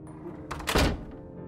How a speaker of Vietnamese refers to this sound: Tiếng cửa gỗ đóng lại, nữ thư ký ngoan ngoãn làm theo lời ông Kim, để lại sự yên lặng tuyệt đối cho vị doanh nhân quyền lực.